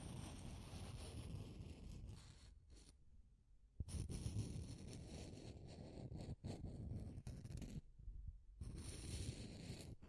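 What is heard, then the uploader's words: Deep scratching rasps along in a dense, low, rough texture, with a brighter hissy edge that comes and goes. Brief gaps break it near 2.5, 3.5, 6.3 and 8 seconds, and a sharp click lands just before 4 seconds as the scraping resumes louder. Deep Scratching. (No Talking).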